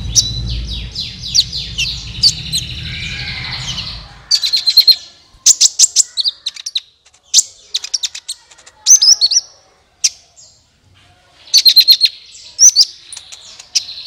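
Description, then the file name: Van Hasselt's Sunbird song: long, high twittering in bursts, with rapid clusters of sharp chirps separated by short silences; low rumble at the start. "suara kolibri ninja"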